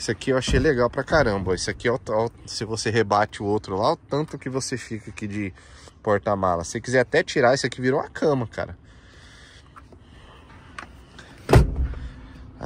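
Someone talks for most of the clip while working the folding rear seat backrest of a 2018 Trailblazer LTZ SUV, which had not been properly latched into the car body. A series of knocks follows, then a loud latch-like hit at 11.5 s as the backrest seats back into place. It had been badly seated, which is why it was rattling while driving.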